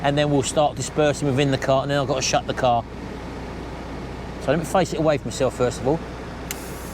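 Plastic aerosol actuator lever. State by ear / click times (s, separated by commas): seated / 6.5 s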